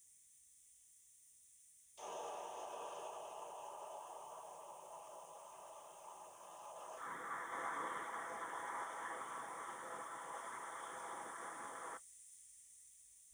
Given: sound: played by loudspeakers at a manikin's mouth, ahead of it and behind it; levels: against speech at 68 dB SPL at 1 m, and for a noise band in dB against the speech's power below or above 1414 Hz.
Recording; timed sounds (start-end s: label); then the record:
test signals for a remote microphone
1.97-6.97 s: speech-spectrum noise from ahead, +10 dB
6.97-11.97 s: speech-spectrum noise from behind, +10 dB
From the record:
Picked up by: remote microphone B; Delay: 24 ms